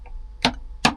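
A folding campervan bed is pushed into place with the duvet and pillow tucked behind it, and its locking bolt latches into the bed frame. Two sharp clicks ring out at 0.5 s and 0.9 s over a low background hum. The bolt is in and the bed is solid.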